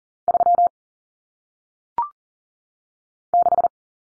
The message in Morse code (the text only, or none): 3 6